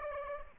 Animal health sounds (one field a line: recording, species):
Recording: mosquito wingbeat signal from an infrared sensor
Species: Aedes aegypti